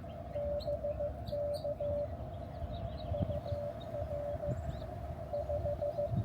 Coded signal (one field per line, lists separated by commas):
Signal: Morse code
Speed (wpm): 15 wpm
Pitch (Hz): 580 Hz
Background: none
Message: BK UR 5